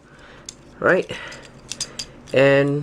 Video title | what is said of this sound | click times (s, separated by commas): TFP : Beast Hunters Commander Class Bulkhead | and make sure it clicks in to this part here and you'll hear a loud click | 0.5 s